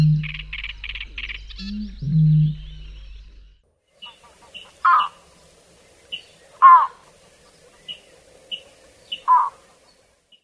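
Wetland birds call in the second half: loud, sharp, downward-sweeping calls at about five, seven and nine seconds, with short high chirps scattered between them. The opening three seconds carry a low droning hum with quick rhythmic chattering above it, followed by a brief silence.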